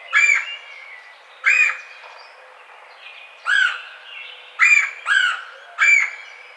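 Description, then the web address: Red-bellied woodpecker giving coarse, grating churr calls in singles and a quick pair, six in under seven seconds, over soft background chirping. Recorded 4 May 2009. "Red-bellied Woodpecker 2009 05 04"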